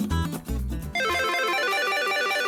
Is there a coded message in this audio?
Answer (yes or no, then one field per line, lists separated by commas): no